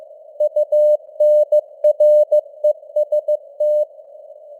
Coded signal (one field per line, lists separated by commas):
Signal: Morse code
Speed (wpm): 15 wpm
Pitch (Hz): 600 Hz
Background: none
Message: UNREST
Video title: Morse Code News | 2025-10-27 | 15wpm